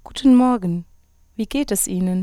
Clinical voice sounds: spoken sentence; German; female; 30 to 39 years; 1; 0; 1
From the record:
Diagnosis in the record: psychogenic dysphonia, hyperfunctional dysphonia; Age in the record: 39 years

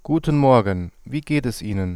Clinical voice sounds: spoken sentence; German; male; 30 to 39 years; 0; 0; 0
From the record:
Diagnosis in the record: healthy voice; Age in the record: 32 years

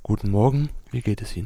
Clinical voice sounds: spoken sentence; German; male; 20 to 29 years; 2; 1; 2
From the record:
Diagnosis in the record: hyperfunctional dysphonia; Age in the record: 29 years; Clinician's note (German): Hyperfunktionelle Dysphonie

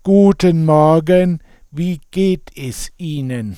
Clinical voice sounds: spoken sentence; German; male; 60 to 69 years; 2; 2; 1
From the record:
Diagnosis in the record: presbyphonia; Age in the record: 69 years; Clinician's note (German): Leichte Form, kein pathologischer Befund, hohe mittlere Sprechstimmlage

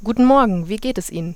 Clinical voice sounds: spoken sentence; German; female; 20 to 29 years; 0; 0; 0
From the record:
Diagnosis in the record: healthy voice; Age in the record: 22 years

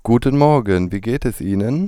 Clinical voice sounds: spoken sentence; German; male; 30 to 39 years; 1; 0; 0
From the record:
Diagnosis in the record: hyperfunctional dysphonia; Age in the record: 31 years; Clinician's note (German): Ponogen

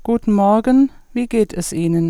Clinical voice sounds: spoken sentence; German; female; 50 to 59 years; 0; 0; 0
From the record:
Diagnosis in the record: functional dysphonia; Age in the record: 51 years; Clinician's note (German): Globus pharyngis, z.B. Struma, stoboskopisch o.B.

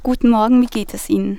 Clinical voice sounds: spoken sentence; German; female; 20 to 29 years; 0; 0; 0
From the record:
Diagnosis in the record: healthy voice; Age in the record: 21 years

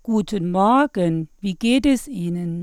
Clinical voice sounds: spoken sentence; German; female; 40 to 49 years; 0; 0; 0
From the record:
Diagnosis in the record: psychogenic dysphonia, hyperfunctional dysphonia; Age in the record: 46 years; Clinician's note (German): Ponogen mit Zustand nach 3 x Knötchenabtragung, vernarbte Stimml. mit werdender Hyperfunktion

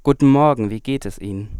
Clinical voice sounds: spoken sentence; German; male; 20 to 29 years; 0; 0; 0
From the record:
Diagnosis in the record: healthy voice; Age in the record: 24 years

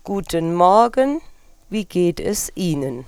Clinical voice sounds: spoken sentence; German; female; 50 to 59 years; 0; 0; 0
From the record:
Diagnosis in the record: healthy voice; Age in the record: 56 years

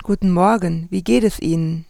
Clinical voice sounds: spoken sentence; German; female; 30 to 39 years; 0; 0; 0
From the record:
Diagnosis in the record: healthy voice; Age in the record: 38 years

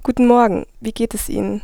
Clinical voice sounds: spoken sentence; German; female; 20 to 29 years; 0; 0; 0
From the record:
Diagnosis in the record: healthy voice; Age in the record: 21 years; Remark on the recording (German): Das ganze (NSP-)Signal hindurch ist ein Ticken im Hintergrund zu vernehmen.

